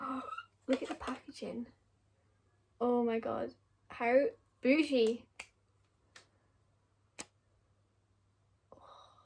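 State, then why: Seated. Someone talks while handling a new NARS Laguna powder bronzer compact, and its hinged lid clicks sharply on the case at 5.4 s and again at 7.2 s. One click is the lid snapping closed and the other the catch releasing, though which is which is unclear. The lid seats with a crisp, clean click.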